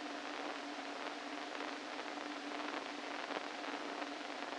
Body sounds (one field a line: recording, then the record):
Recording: brain microelectrode recording played as sound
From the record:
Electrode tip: inside the subthalamic nucleus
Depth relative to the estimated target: -1 mm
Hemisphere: left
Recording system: NeuroSet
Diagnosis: Parkinson's disease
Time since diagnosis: 13 years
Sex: male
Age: 49 years